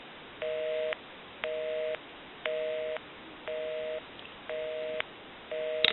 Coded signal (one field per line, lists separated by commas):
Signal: telephone call progress tone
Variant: North America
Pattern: busy tone